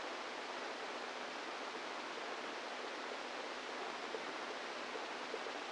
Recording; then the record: brain microelectrode recording played as sound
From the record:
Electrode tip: inside the subthalamic nucleus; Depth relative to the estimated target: -3 mm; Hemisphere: right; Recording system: NeuroSet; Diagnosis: Parkinson's disease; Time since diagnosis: 10 years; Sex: female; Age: 45 years